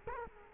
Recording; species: mosquito wingbeat signal from an infrared sensor; Culex quinquefasciatus